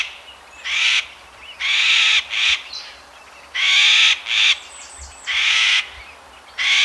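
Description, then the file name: Eurasian jay loud harsh rasping screeches repeated in quick succession, broad and noisy, with a few softer high notes between. "Garrulus glandarius"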